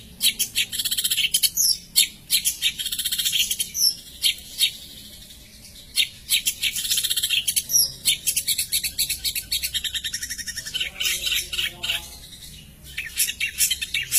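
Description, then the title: Long-tailed shrike song: a busy stream of high, scratchy chattering notes and rapid trills, broken by short pauses, running throughout. "Cendet"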